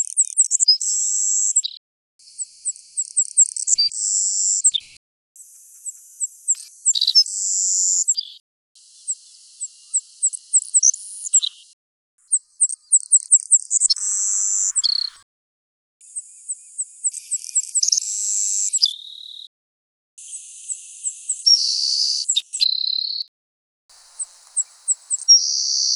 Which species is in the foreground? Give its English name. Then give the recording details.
Savannah Sparrow. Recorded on Kent Island, New Brunswick, in 2006